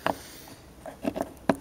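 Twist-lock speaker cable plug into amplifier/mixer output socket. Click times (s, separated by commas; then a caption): 1.5 s. A blue-marked twist-lock speaker cable plug is pushed into the amplifier/mixer output socket of a sound system and turned to the right until it locks. A sharp tap at 0.1 s is followed by softer rattles and clicks around 0.9–1.4 s as the plug is turned. A loud, sharp click at 1.5 s marks it locking in place, seated securely.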